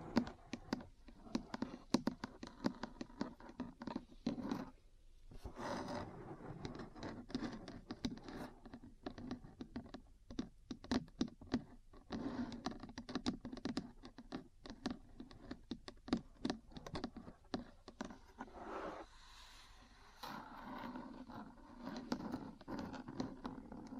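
Metal parts tap and scratch in a busy, irregular stream of small clicks and scrapes, with sharp ticks scattered throughout. Brief pauses near 5 and 19 seconds break the activity, and a low, steady rumble runs underneath the whole time.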